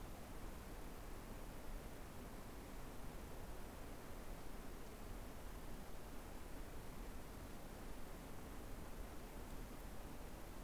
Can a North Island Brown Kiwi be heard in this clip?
no